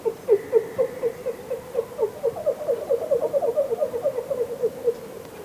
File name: Ring Seals